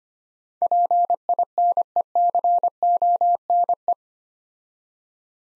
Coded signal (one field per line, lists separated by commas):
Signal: Morse code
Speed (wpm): 25 wpm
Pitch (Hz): 700 Hz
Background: none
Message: PINECONE